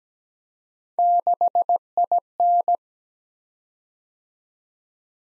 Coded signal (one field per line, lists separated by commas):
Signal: Morse code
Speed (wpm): 17 wpm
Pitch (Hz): 700 Hz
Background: none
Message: 6IN